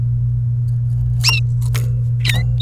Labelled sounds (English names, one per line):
Domestic Canary song